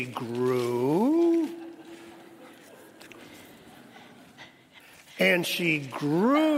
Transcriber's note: laughs